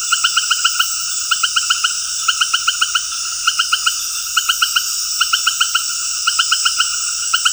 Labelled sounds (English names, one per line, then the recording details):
none
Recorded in dense forest near Puerto Asís, Putumayo, Colombia, on 20 February 2024 at 19:30
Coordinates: 0.485, -76.325
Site G6429